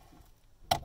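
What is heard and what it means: A locking fold-out hinge on a plywood sleeping platform in an XJ Cherokee SUV is being unlatched when it snaps back into its locked position. After quiet low-level background, a single sharp, bright click lands at 0.7 s and fades quickly. The hinge has latched back into place.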